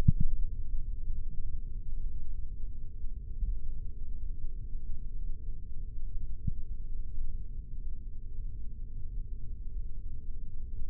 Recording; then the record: forearm muscle sounds (acoustic myography)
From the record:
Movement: rest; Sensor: system 3, bracelet of six PUI Audio POM-2738L microphones around the upper forearm, with dedicated amplification and filtering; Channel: 5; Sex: male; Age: 26 years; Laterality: right